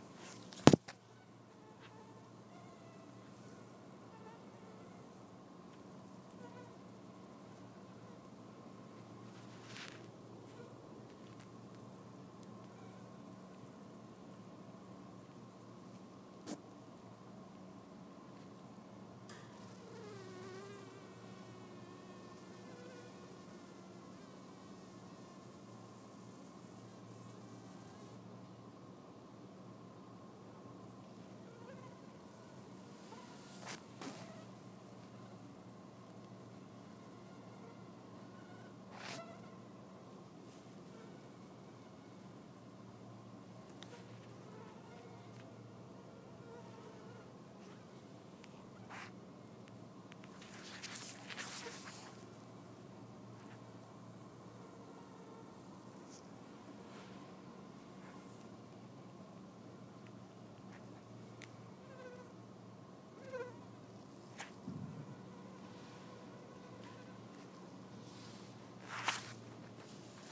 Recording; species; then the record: mosquito flight sound by mobile phone; Anopheles albimanus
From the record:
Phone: iPhone 4S